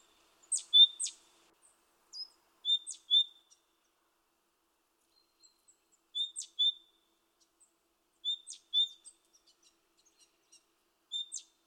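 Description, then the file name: Great tit calls: sparse pairs of high, clear notes with quick sharp flicks, given in scattered bursts with long silent gaps. "Parus major"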